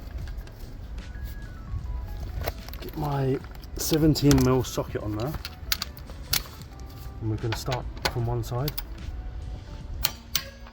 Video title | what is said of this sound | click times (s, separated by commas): This Fixed My ABS Warning Light - Fabia DIY Rear Sensor | Go until it clicks. | 10.1 s, 10.4 s